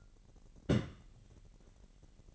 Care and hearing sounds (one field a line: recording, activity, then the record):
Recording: daily activity, microphone in the room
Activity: place on stove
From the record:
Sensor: 4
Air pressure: 1012.8 hPa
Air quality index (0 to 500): 237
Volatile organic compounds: 4 ppm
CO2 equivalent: 1580 ppm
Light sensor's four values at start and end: 30/71/29/29 and 30/71/29/29